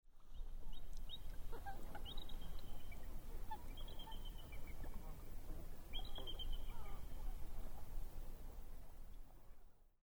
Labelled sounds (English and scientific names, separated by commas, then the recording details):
Bald Eagle (Haliaeetus leucocephalus)
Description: A bald eagle calls out over a few American coots floating on Yellowstone Lake